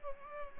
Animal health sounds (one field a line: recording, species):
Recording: mosquito wingbeat signal from an infrared sensor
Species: Culex pipiens